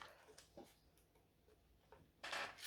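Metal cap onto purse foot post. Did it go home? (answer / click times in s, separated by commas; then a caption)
no / none. Another metal cap is pressed down onto a purse-foot post, with a few faint ticks and light taps, then a louder, longer rustle near the end. The cap is pushed down far enough, but it does not click, and nothing has seated with a click.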